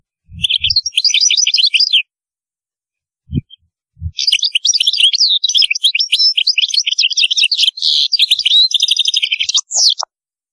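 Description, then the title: European goldfinch song: fast, liquid twittering phrases of high tinkling notes, a short burst and then a long continuous run, with a few low thumps. "Chant Chardonneret"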